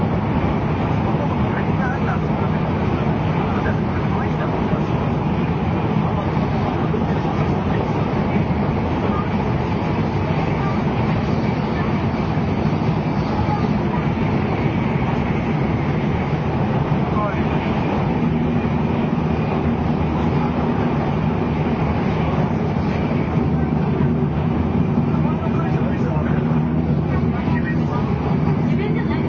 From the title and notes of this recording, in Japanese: JRN700系 京都〜新横浜。ひかり530号に乗車し、録音しました。